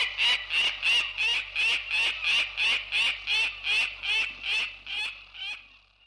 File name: Peregrine Falcon